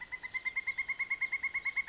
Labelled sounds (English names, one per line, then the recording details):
Pileated Woodpecker
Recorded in Sonoma County, California